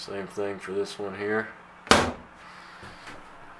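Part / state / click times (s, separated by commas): magnetic catch on a cabinet door in a trailer / not seated / none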